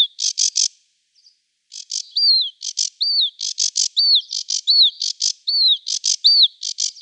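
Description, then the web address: Sedge warbler song, bursts of harsh chattering notes broken by clear whistled downslurs, one short pause near the start, then a fast, varied run. "Schulze Peter Sedge Warbler song"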